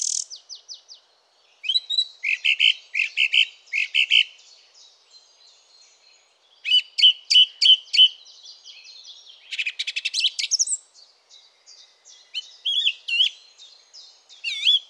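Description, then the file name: Song thrush singing varied phrases, each note or figure repeated several times in quick succession, with brief pauses between the phrases. "Fernand Deroussen feat Chiff-Chaff - Grive musicienne"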